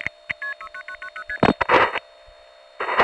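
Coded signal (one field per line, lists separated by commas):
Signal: multi-frequency trunk signalling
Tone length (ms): 70 ms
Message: 69990ST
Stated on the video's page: MF trunk signalling from a Nyack crossbar sector via N1 carrier from Mamaroneck NY #5 Crossbar, 1981.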